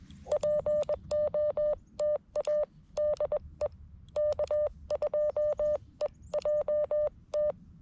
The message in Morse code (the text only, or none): POTA DE K2EJT